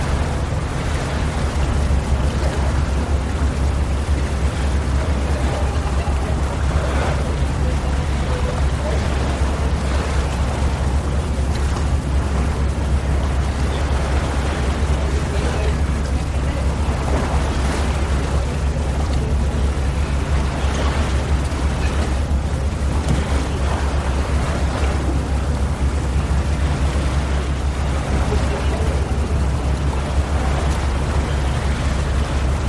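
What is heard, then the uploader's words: Maldives ambient sound: a steady, heavy low rumble fills all 33 seconds, with dense hiss above and brief brighter gusts or faint voices. Malediven ASMR: Ambient 3D-Sound.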